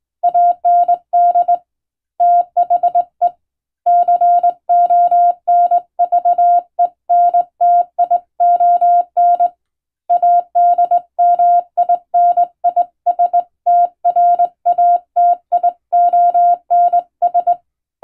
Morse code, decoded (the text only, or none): AND THE CONVENTION ADMINISTRATIONS